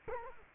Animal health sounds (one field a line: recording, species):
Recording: mosquito wingbeat signal from an infrared sensor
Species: Culex quinquefasciatus